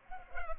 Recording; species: mosquito wingbeat signal from an infrared sensor; Culex pipiens